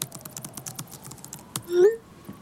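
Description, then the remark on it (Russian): Poppy, a character in Mythic Quest: Raven's Banquet, types a message to David in a messenger: quick, uneven clicking of fingers on a computer keyboard for about a second and a half, then a brief, louder pitched tone that rises and fades as the typing stops. “Затем Поппи печатает.”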